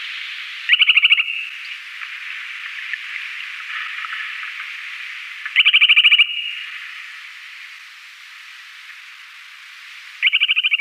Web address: Schulze Peter Purple Sandpiper calls